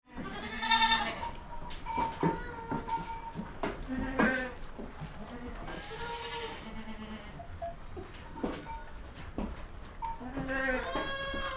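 Goat bleats scattered throughout, a loud one near the start, amid quieter calls, clicks and stable noise.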